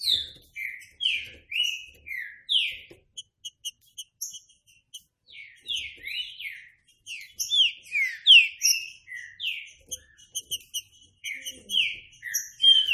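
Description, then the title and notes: Green-winged saltator song: loud, slurred whistled notes, many falling, given in quick varied phrases with short pauses, continuing steadily throughout. Classic song style (canto clássico) of the green-winged saltator, made as a training recording. "Canto Clássico Trinca Ferro TREINAMENTO. trinca fero"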